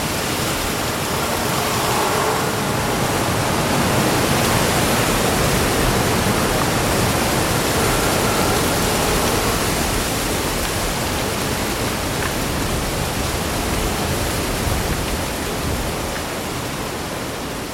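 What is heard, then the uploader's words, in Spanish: Wind rushes through leaves on a summer day, a dense, steady hiss that fills everything from low rumble to bright treetop rustle. The gusts swell slightly in the first few seconds and then hold nearly level, unbroken to the end. Un bosque bañado por el sol.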